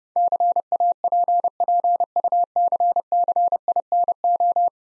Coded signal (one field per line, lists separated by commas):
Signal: Morse code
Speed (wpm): 30 wpm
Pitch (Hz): 700 Hz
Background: none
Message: CAPPUCCINO